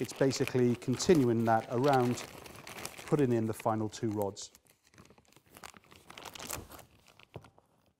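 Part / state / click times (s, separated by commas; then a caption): softbox support rod into speedring collar / not seated / none. Someone talks while the final two support rods of a D-Lite RX One softbox are worked into the speedring collar under tension, followed by crinkling fabric handling and a few short sharp ticks around 5.7 to 6.5 seconds. Nothing has seated or clicked into place yet by the end of the clip.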